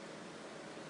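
A disposable plastic finger-prick spring lancet from a home blood test kit is being pushed inward to prime it. Only a steady, broadband hiss is heard, with no distinct hit. The lancet has not clicked into its primed position yet.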